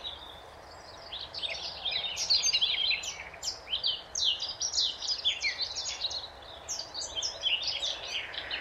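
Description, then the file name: Eurasian blackcap song: a dense, scratchy, fast warble of many short high notes running on for several seconds, with noticeable background hiss. "Sylvia atricapilla"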